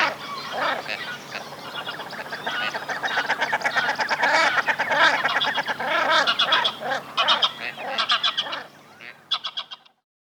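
Common shelduck calls from a noisy group, dense overlapping honking and nasal barking notes running almost continuously, fading near the end with a few sharp final notes.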